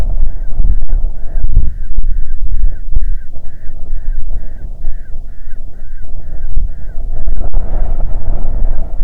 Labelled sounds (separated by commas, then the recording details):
bird, wind
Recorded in the Prudhoe Bay oil fields, Alaska, on 6 June 2019 at 03:39
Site 16